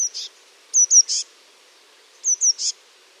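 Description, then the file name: Eurasian blue tit singing two phrases after a cut-off one, each of two high, thin, slightly falling notes ending in a brief buzzy trill, with quiet pauses between. "MESANGE BLEUE"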